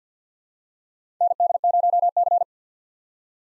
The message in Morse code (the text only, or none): ND0C